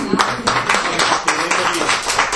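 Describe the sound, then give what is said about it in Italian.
A small audience at a book presentation applauds the author, a steady, dense patter of many hands clapping at once, fairly loud and sustained for a couple of seconds without anyone speaking. “Se non ci sono altre domande, farei un ultimo applauso all'autore.”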